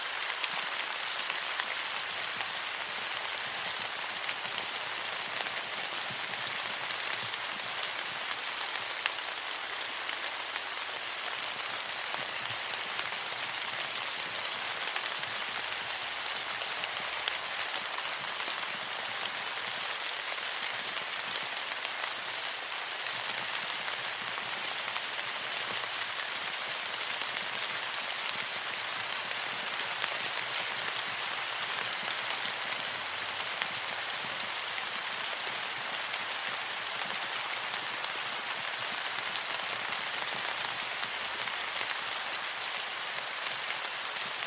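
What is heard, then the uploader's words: A tropical rainstorm pours down steadily, a dense, even hiss of countless drops striking a surface. The downpour holds the same intensity for the full length, bright, with almost no low rumble beneath and no other sounds breaking through. Tropical Rainstorm Sounds.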